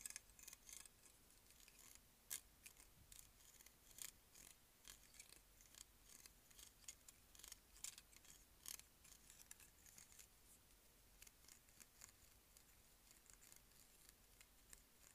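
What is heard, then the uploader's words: Hair clips click and snap in a quick, irregular string of small, bright ticks, several per second, running through all fifteen seconds. A few sharper snaps stand out, near two, four, eight and nine seconds. A faint low hum sits underneath. ASMR: Hair Clips.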